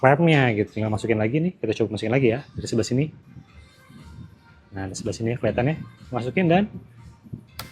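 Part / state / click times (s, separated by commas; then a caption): motorcycle smart screen display into its quick-release clamp mount / seated / 7.6 s. Someone talks while a motorcycle smart screen display from Hyperdash, model year 2026, is pushed back into its quick-release clamp mount, which has a red release button. A sharp click is heard at 7.6 s, and the screen is locked in again.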